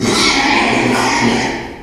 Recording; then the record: squeal of a Yucatan mini pig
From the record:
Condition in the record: after surgery on the right vocal fold (resection and tissue-engineered implant); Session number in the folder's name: 2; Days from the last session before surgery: 13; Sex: male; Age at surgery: 12 weeks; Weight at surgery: 13 kg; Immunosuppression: cyclosporine, prednisolone